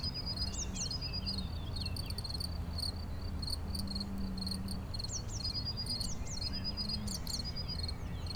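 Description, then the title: Cricket chirps repeated irregularly, mixed with several quick descending bird calls and a soft low drone. Single cricket, among the first crickets of the season, heard intermittently for a few days, Chindrieux, France. "Chindrieux, France - grillon seul"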